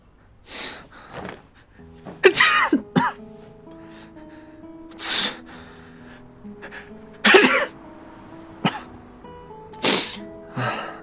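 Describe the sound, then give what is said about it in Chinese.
A man's series of forceful sneezes and sharp breathy bursts, some with snorting intakes, spaced irregularly over a low steady hum, with a few quieter gasps in between. “接着又狠狠打了个喷嚏。”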